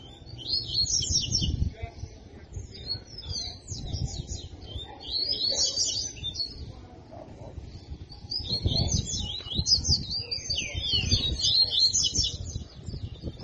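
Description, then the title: Double-collared seedeater song: bright, rapid chattering phrases in repeated bursts every few seconds, over a steady low rumble. Song in the tui-tui style; the bird is described as fibra (spirited). "COLEIRO DE GOLA TUI TUI FIBRA"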